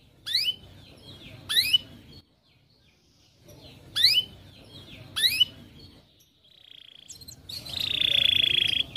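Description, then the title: Atlantic canary: pairs of quick rising chirps separated by pauses, then a loud drawn-out buzzy trill, over low background noise. Canary singing actively (gacor), with the best cengkok song phrasing and the most luxurious isian fill, from the songbird hobby (kicaumania) scene. "Kenari Gacor Cengkok Terbaik Isian Paling Mewah Kenarigacor Kicaumania Kenari"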